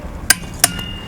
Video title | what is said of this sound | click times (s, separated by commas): How to Keep your RV Trouble Free(ish) - RV Preventative Maintenance (Full Time RV Living) | If you heard that click, that's exactly what we're listening for. | 0.3 s, 0.6 s